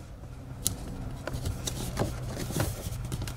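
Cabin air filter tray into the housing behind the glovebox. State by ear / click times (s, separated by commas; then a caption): not seated / none. A plastic cabin air filter tray on a Toyota 4Runner is slid back into its housing behind the glovebox, giving a sharp tick at 0.7 s and softer taps and scrapes through the rest of the clip over a low hum. It should click on both sides, but nothing has clicked on this side yet; the tray is confirmed in place by pulling on it.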